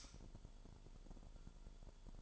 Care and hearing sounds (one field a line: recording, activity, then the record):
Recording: daily activity, microphone in the room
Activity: light off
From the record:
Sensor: 5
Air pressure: 1008.0 hPa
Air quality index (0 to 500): 101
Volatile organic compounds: 1 ppm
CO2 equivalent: 787 ppm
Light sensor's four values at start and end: 30/71/28/28 and 30/69/28/27